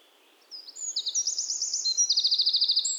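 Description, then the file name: Eurasian wren singing a loud, very high, fast song of repeated ticking notes that run into a rapid rattling trill. "Troglodytes troglodytes"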